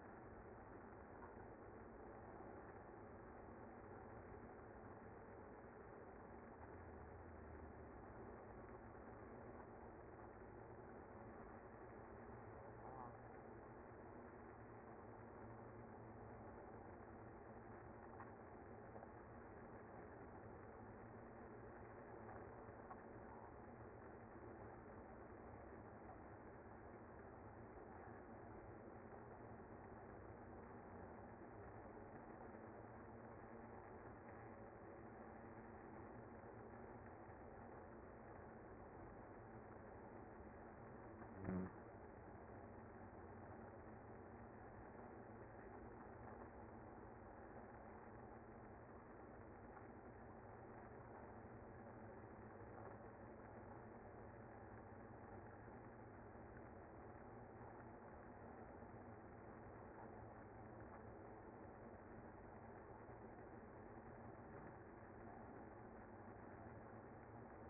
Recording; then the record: honeybee colony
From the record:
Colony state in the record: active